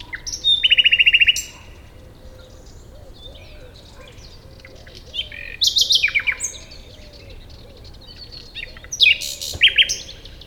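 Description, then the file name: Common nightingale song: a fast repeated trill, then two further varied phrases of crisp whistles, separated by pauses. "Luscinia megarhynchos"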